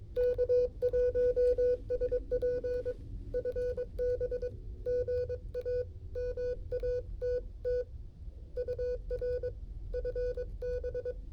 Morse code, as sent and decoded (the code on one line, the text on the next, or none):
-.- .---- ... .--. / ..-. -... / --. .- / -- .- - - / ..- .-. / ..-. -...
K1SP FB GA MATT UR FB